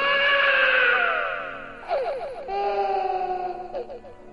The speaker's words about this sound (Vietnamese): Đứa bé bị rớt xuống đất tỉnh dậy, nó chả hiểu chuyện gì xảy ra. Xung quanh trời tối om om, không một bóng người. Nó sợ hãi, khóc thét lên.